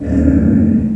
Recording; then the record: squeal of a Yucatan mini pig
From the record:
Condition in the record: after surgery on the right vocal fold (resection and tissue-engineered implant); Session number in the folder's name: 7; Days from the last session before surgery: 47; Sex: female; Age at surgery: 19 weeks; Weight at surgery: 25 kg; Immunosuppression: prednisolone